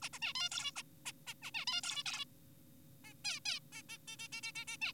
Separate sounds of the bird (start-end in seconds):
0.02-0.09, 0.13-0.19, 0.22-0.33, 0.35-0.49, 0.52-0.72, 0.76-0.83, 1.06-1.12, 1.27-1.34, 1.42-1.51, 1.54-1.65, 1.68-1.81, 1.84-2.03, 2.06-2.25, 3.04-3.14, 3.25-3.40, 3.46-3.60, 3.72-3.82, 3.89-3.98, 4.08-4.17, 4.19-4.28, 4.32-4.41, 4.43-4.52, 4.56-4.65, 4.68-4.77, 4.82-4.92